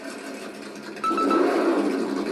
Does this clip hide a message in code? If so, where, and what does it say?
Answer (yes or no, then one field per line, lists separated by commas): no